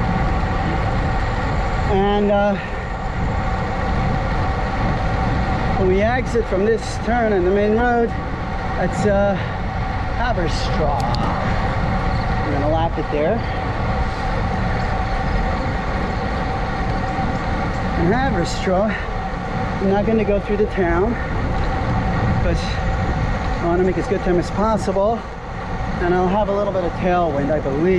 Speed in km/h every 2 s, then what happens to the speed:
27, 27, 27, 27, 27, 26, 26, 26, 24, 24, 24, 24, 24, 24.
0-28 steady at about 26.